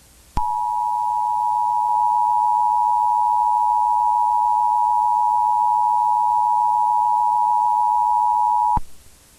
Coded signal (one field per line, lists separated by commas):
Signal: Emergency Alert System (SAME) tones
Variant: 853 and 960 Hz attention tone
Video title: [EAS SCENARIO/ANALOG HORROR] - PROJECT: OASIS